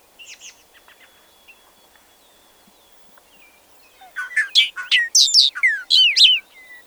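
Bobolink song: after a few faint notes and a thin steady whistle, a rapid bubbling burst of metallic, tinkling notes jumping up and down in pitch over two seconds.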